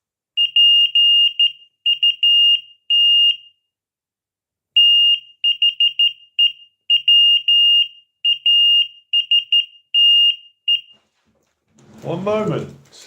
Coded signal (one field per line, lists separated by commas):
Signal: Morse code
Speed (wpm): 14 wpm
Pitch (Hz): 2850 Hz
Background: speech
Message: PUT THE WASTE